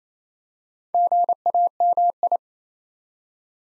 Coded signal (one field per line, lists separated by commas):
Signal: Morse code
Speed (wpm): 27 wpm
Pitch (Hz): 700 Hz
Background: none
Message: GAMI